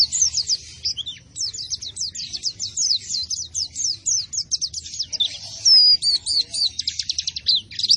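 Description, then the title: White-eye song: long, rambling chatter of high, quick chirps and trills, with one clear whistled note near the end. Described as a vigorous singer without doping, fed only banana. "Pleci Gacor Tanpa Doping Hanya Pake Pisang"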